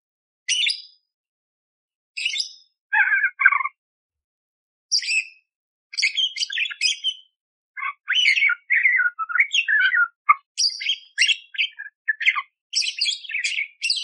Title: Masteran Burung Parkit Gacor Jernih Durasi Panjang 1 Jam Full Isian Tembakan Kasar Cocok Buat Kacer